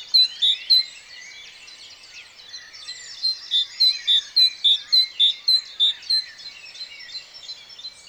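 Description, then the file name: Great tit song: a fast run of sharp, evenly spaced notes, starting, pausing, then resuming, over a busy chorus of high chirping birds. "Parus major"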